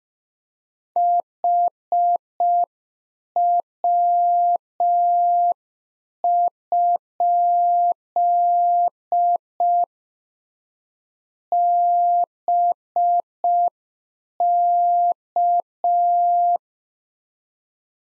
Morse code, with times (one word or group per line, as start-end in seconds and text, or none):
1.0-9.8 HW?
11.5-16.6 BK